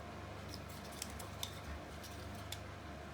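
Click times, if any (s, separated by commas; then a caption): none. A laser-cut wooden middle beam is pressed into the slots of a laser-cut wooden 3D car model frame, handled with small sharp taps at about 0.5, 1.0, 1.4 and 2.5 seconds over a low steady background hum. The beam is not yet home, and nothing has clicked into place yet.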